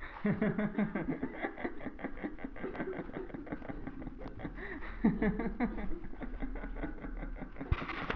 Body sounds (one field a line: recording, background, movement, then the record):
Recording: laughter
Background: a bystander coughing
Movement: walking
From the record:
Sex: male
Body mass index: 22.0 kg/m2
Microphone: on the chest, facing the body